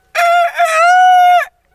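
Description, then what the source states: Chicken: rooster crowing: one harmonically rich cock-a-doodle-doo lasting over a second, a brief opening note, a dip, then a long sustained level ending, in otherwise quiet surroundings. Male (rooster).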